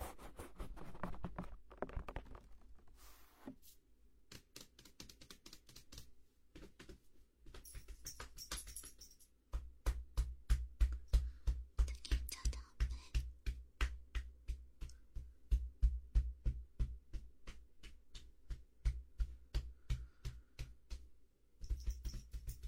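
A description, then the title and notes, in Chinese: A head and shoulder massage with rapid percussive tapping. The first nine seconds bring softer, uneven taps and rubbing with short pauses; then a loud, fast, steady run of dull thumping strokes takes over, briefly stopping near 21 seconds before resuming. 为弟弟做头部肩部按摩。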